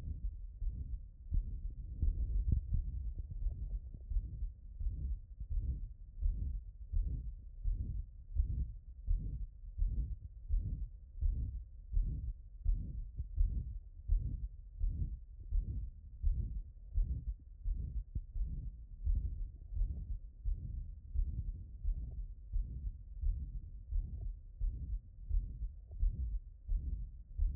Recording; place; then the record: heart sounds by stethoscope; tricuspid valve (TV)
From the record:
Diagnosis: non-HFrEF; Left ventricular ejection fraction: 72%